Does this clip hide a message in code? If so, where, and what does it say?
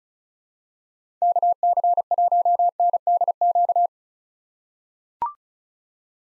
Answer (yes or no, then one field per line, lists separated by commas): yes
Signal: Morse code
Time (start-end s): 1.2-3.9 s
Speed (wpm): 36 wpm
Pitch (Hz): 700 Hz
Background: none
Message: KC1NDQ